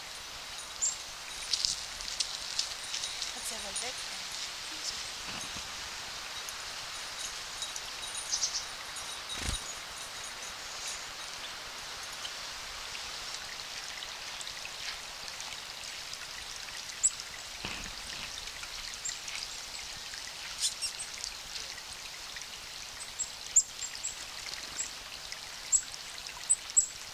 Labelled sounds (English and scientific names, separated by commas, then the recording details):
Black-capped Chickadee (Poecile atricapillus)
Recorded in the wild
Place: Halifax, Nova Scotia, CA
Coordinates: 44.6236, -63.5697
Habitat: park
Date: 1991-10-08 17:02
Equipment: Sony WM-D6C, Sony ECM-939 LT (Stereo), Kopie Uher 4400 IC
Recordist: Frommolt, Karl-Heinz